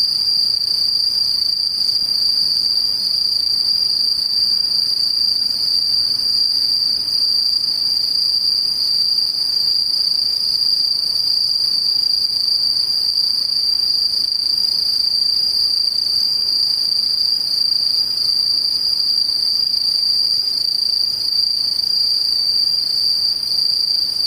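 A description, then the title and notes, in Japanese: A chorus of insects, likely crickets, trills without pause, forming a bright, sustained high whine with a second, thinner shrill band above it. The sound stays level and dense for the whole stretch, with only a faint low hush beneath. ムシ合唱。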